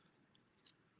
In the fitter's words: and locks right in to the adapter and you heard it click right so now you've got